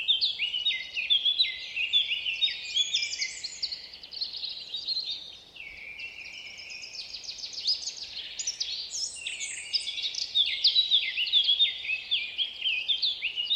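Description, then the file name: Eurasian blackcap song: sustained, rapid warbling of clear high notes and quick slurs, nearly unbroken throughout with a short dip in the middle. "Sylvia atricapilla"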